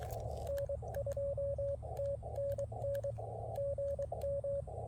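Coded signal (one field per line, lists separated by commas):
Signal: Morse code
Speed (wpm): 23 wpm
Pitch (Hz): 560 Hz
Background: radio noise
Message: N2TNN GM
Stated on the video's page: Park activation on an Elecraft KX2.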